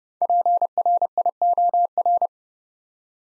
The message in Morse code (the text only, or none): PRIOR